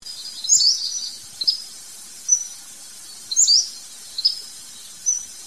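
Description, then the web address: Western Flycatcher flight calls, thin high-pitched notes given singly and in short clusters about every second or two, over faint steady background noise. Nocturnal flight calls recorded in northwest California. "nwcal WEFL"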